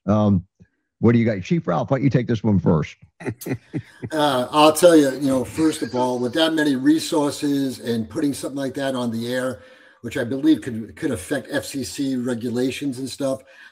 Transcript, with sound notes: what do you got? Chief Ralph, why don't you take this one first?
(laughs)
Uh, I'll tell you, you know, first of all, with that many resources and putting something like that on the air, which I believe could, could affect FCC regulations and stuff,